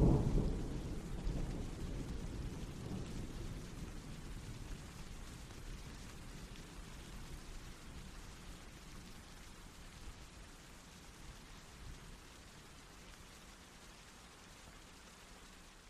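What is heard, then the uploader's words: Steady rain hisses throughout, while a deep rolling rumble at the start fades away over the first few seconds, leaving an even patter. Soothing Rain Sounds.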